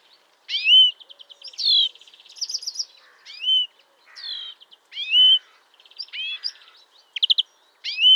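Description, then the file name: European greenfinch in steady song: bright slurred whistles alternating with fast dry trills and buzzy twitters. "Chloris chloris"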